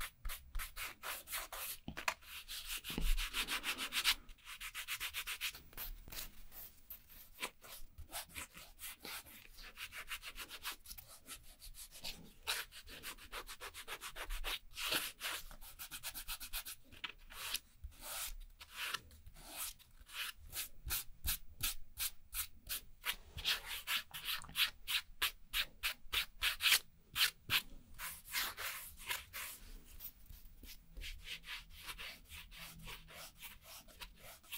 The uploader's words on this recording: ASMR Doing Your Nails Nail Extension & Gel Nail (No Talking).